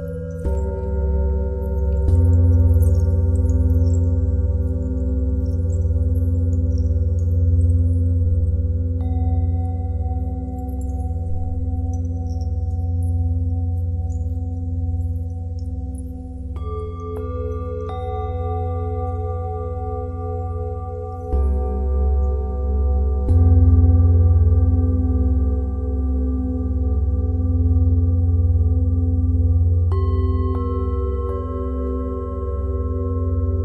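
Singing bowls hum in long, overlapping tones, deep and steady, with new pure strikes layered in around 2, 17, 21 and 30 seconds.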